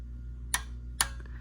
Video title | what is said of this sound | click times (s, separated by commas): Step-By-Step Oil Change DIY! | All right, hear the click again. | 0.5 s, 1.0 s